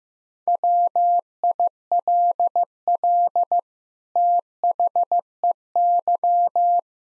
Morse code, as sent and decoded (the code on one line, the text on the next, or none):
.-- .. .-.. .-.. / - .... . -.--
WILL THEY